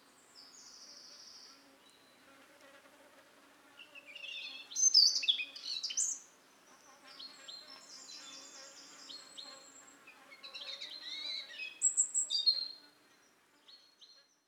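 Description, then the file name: European robin singing varied, high, sweet warbled phrases separated by pauses, some notes sharp and sliding, over a soft steady background hum. "Erithacus rubecula"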